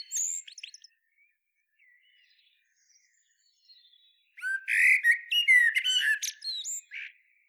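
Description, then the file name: Common blackbird song: a brief twittering fragment at the start, then after a long pause a full phrase of low fluted whistles breaking into high squeaky twitters. "Turdus merula"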